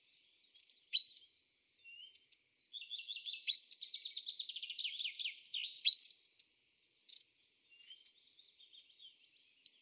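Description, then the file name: Great tit calls: sharp high notes and a rapid buzzy churring rattle in the middle, with scattered thin chirps before and after. "Parus major"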